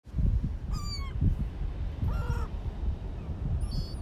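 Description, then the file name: Gull calls, three brief mewing cries with bright harmonics, spaced across a few seconds over a constant low rumble. Recorded at Coney Island. "Seagulls Coney Island"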